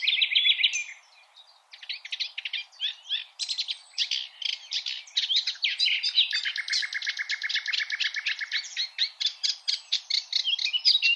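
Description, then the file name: Common nightingale song: rich varied phrases of rapid repeated notes, with a long fast rattling trill of clicks through the latter half. "Luscinia megarhynchos"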